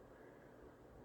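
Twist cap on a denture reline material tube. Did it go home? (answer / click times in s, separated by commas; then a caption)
no / none. A cap is twisted on a tube of soft denture reline material to break it open, but over 1.1 seconds only a steady low rumble of background noise is heard with no sharp sounds. Nothing has popped or clicked yet, apparently because the cap was not twisted far enough.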